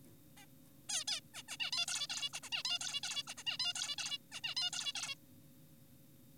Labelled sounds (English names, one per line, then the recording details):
Zebra Finch
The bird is an adult
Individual g4p5U